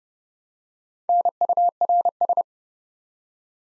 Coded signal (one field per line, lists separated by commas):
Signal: Morse code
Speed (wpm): 30 wpm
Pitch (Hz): 700 Hz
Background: none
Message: NURS